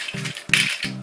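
A plastic piece is popped into a Transformers Generations Power of the Primes Leader Evolution Optimus Prime toy figure, near a release button. It snaps home with a loud, sharp click at 0.5 s, amid three short, low, tonal bursts. The piece seats.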